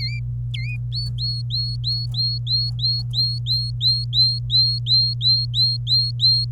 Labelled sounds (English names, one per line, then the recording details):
Domestic Canary song
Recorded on 26 April 2018 at 07:58
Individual llb3